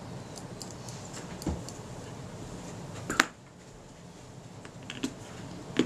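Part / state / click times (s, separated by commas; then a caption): camera internal part into its centred detent in the body / seated / 3.2 s. During reassembly of a Kodak Retina IIIS camera body, an internal part that was off centre is pulled across to centre it before the screws go in. Amid faint small ticks and handling noise, a sharp, bright click at 3.2 s marks the part snapping back into its centred detent in the body, confirming it has seated.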